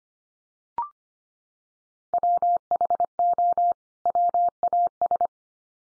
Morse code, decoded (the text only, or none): WHO WAS